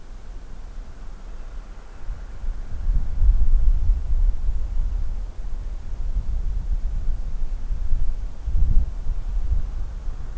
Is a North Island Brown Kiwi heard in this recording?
no